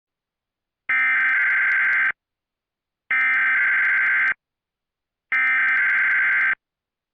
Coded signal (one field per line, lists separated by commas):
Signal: Emergency Alert System (SAME) tones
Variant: header bursts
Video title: EAS Scenario: Godzilla - Titans of Earth (Tripleverse 2 Part 1 - Remastered)